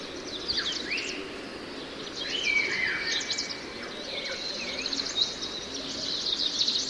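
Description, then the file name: Tristram's starling whistles, long level and gently falling notes around the middle, set among busy overlapping chirps from many birds and constant hiss. Several birds; soundscape. "tristam grackles birds"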